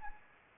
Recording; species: mosquito wingbeat signal from an infrared sensor; Anopheles gambiae